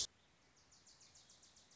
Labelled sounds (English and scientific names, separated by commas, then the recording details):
Wilson's Warbler (Cardellina pusilla)
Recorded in Sonoma County, California